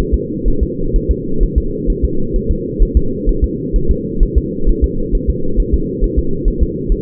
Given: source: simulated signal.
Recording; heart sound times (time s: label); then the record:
fetal heart sounds
0.14 s: S2
0.48 s: S1
0.63 s: S2
0.96 s: S1
1.11 s: S2
1.43 s: S1
1.58 s: S2
1.90 s: S1
2.05 s: S2
2.36 s: S1
2.51 s: S2
2.82 s: S1
2.97 s: S2
3.29 s: S1
3.44 s: S2
3.76 s: S1
3.91 s: S2
4.23 s: S1
4.38 s: S2
4.69 s: S1
4.84 s: S2
5.15 s: S1
5.30 s: S2
5.60 s: S1
5.74 s: S2
6.04 s: S1
6.19 s: S2
6.48 s: S1
6.63 s: S2
6.92 s: S1
From the record:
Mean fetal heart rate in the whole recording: 130 bpm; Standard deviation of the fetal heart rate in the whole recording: 4 bpm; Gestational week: 38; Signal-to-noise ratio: -8.1 dB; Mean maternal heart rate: 72 bpm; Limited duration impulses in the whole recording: absent